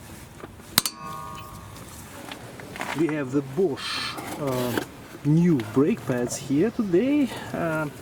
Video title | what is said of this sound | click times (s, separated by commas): Scion TC (2011-2016): Front Brake Pads And Rotors Replacement. Detailed Guide! | tightening until you hear a click | 0.8 s